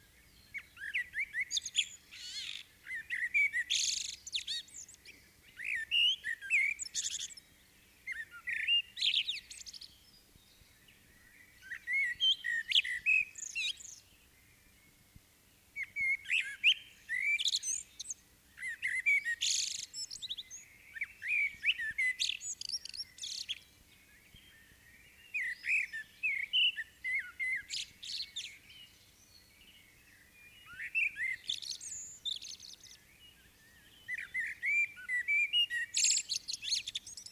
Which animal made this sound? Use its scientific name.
Turdus merula